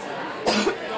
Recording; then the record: coughing mixed with background sound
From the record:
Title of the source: 61 morning phlegmy cough...again